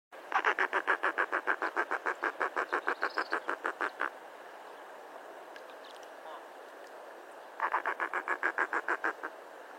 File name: Canto do cochicho